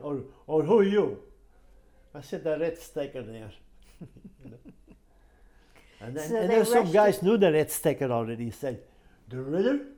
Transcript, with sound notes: Or — or, "Who are you?" I said, "The red sticker there." [chuckles] And then —
So they rushed you —
— some guy knew the red sticker already. He said, "De Ridder?"